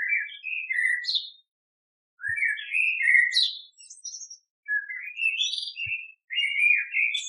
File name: kos cerny